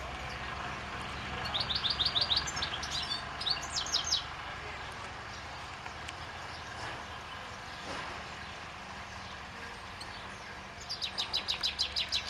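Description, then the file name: European goldfinch calls, quick runs of high chirps near the start and again near the end, with a quiet gap in between and faint low background rumble. "Carduelis carduelis"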